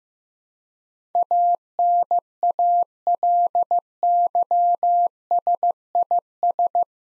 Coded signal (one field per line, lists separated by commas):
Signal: Morse code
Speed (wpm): 15 wpm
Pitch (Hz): 700 Hz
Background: none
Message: ANALYSIS